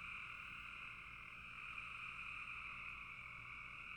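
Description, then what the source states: Many frogs calling together in a steady, high-pitched buzzing chorus, even in loudness from start to end. Frogs calling in a bog.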